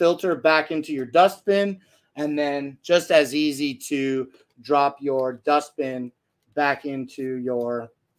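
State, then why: Not seated. A plastic dust bin with its filter is being dropped back into the body of a cordless vacuum while someone talks throughout. Only speech is heard, with no impacts or clicks. Nothing has seated or clicked yet, as the clip ends just before the bin goes home.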